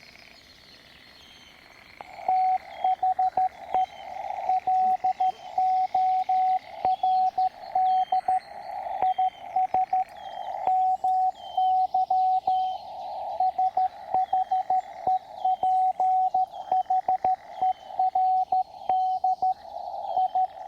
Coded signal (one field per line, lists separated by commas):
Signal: Morse code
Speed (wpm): 13 wpm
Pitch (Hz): 750 Hz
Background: radio noise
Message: THE LORD IS MY SHEPHERD I